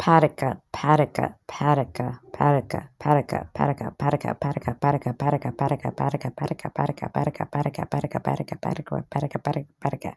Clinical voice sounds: repeated syllables /pa ta ka/; female; 30 to 39 years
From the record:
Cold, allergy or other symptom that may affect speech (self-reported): no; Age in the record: 39 years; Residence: Texas, United States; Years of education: 16

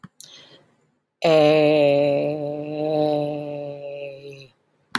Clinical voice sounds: vowel held as long as possible; female; 30 to 39 years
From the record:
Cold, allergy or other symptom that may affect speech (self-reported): no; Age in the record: 34 years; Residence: Virginia, United States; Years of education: 14

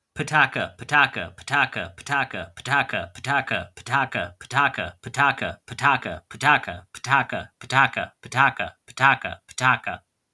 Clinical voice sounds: repeated syllables /pa ta ka/; male; 40 to 49 years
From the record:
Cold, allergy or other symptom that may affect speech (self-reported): no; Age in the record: 44 years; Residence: Michigan, United States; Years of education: 13

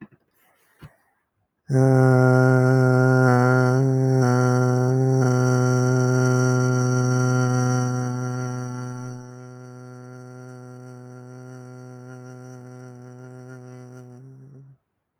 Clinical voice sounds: vowel held as long as possible; male; 20 to 29 years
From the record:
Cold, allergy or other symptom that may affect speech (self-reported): no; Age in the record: 22 years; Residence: Florida, United States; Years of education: 15

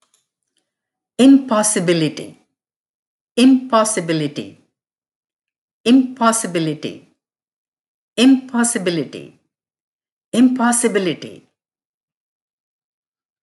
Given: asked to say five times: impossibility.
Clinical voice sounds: repeated word; female; 30 to 39 years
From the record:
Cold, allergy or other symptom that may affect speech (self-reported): no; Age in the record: 36 years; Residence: United States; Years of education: 16

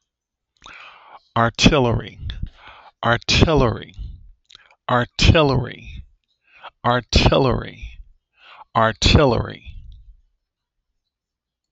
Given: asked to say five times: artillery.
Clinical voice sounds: repeated word; male; 30 to 39 years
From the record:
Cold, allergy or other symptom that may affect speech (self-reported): no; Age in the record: 32 years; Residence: Illinois, United States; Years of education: 16

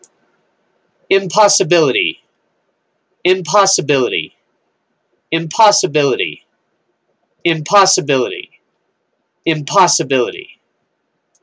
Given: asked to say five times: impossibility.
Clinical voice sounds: repeated word; male; 50 to 59 years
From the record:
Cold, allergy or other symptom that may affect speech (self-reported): no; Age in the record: 52 years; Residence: Colorado, United States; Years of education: 14

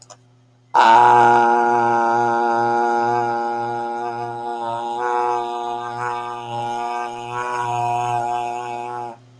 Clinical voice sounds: vowel held as long as possible; male; 30 to 39 years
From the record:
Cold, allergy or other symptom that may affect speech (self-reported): no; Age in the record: 32 years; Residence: Rhode Island, United States

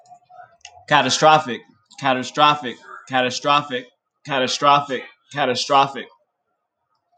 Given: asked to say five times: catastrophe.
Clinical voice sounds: repeated word; male; 30 to 39 years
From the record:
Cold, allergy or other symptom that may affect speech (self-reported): no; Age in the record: 33 years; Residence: North Carolina, United States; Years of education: 12

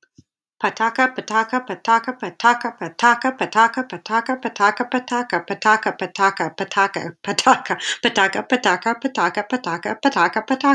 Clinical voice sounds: repeated syllables /pa ta ka/; female; 40 to 49 years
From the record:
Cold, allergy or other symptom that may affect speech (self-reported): no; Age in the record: 48 years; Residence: California, United States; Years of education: 18

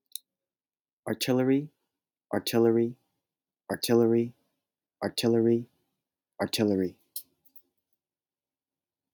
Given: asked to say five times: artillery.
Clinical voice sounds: repeated word; male; 20 to 29 years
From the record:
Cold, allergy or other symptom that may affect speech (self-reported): no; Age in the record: 21 years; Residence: California, United States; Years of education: 16

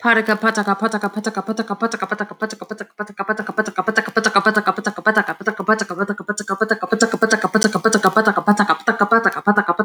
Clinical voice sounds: repeated syllables /pa ta ka/; female; 30 to 39 years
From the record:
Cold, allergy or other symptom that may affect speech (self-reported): no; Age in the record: 30 years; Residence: Virginia, United States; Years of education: 16

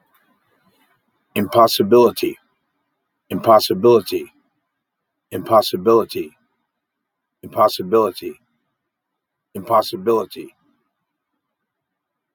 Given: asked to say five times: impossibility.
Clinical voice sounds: repeated word; male; 50 to 59 years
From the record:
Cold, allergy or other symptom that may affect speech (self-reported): no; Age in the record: 58 years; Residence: Alaska, United States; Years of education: 16

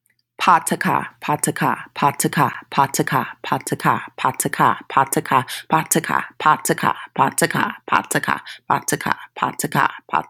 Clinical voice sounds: repeated syllables /pa ta ka/; female; 30 to 39 years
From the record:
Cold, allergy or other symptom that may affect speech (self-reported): no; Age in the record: 34 years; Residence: Nevada, United States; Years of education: 18

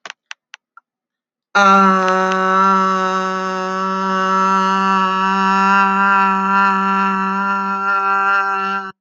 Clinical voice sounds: vowel held as long as possible; female; 30 to 39 years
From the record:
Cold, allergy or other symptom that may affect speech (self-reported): no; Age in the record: 39 years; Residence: United States

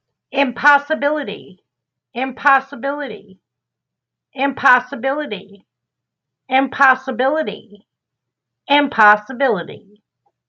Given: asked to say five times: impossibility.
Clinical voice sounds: repeated word; female; 50 to 59 years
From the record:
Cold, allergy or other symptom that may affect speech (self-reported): no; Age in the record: 58 years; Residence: Texas, United States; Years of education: 13

